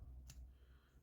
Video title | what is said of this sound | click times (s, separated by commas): Vid 750 Transformers Earthspark Deluxe Megatron | until this goes into that and locks into place | 0.3 s